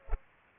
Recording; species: mosquito wingbeat signal from an infrared sensor; Culex pipiens